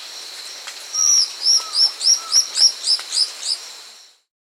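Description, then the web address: White-eyed antwren giving a rapid, evenly spaced string of about ten high, thin arched notes, then quiet before an abrupt end. Recorded in Peru. "Birds of the Amazon 2. White-eyed Antwren (Myrmotherula leucophthalma), Peru"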